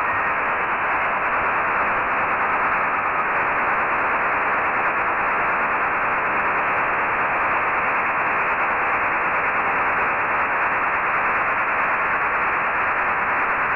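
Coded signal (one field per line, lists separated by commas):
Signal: HF data modem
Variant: STANAG 4285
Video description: decode a French Navy Stanag 4285 Signal. This just seems to be a test signal, sending the French equivalent to the quick brown fox.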